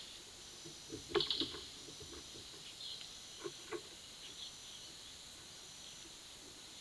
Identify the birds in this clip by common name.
none